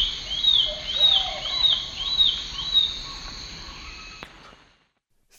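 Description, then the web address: Gray Antwren call: five soft arched whistles in quick succession, partly masked by a constant high drone, then fading into quiet. Eastern lowlands of South America. "Natures Songs S America Eastern Lowlands. Gray Antwren"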